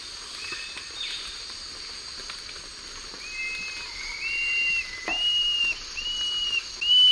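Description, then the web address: Gray Antwren calling with a series of short, clear whistled notes at steady pitch, growing louder toward the end. Recorded in the eastern lowlands of South America. "Natures Songs S America Eastern Lowlands Gray Antwren"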